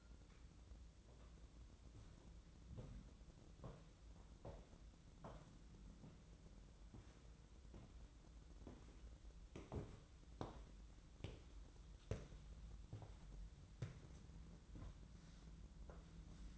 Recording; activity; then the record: daily activity, microphone in the room; walk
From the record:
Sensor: 3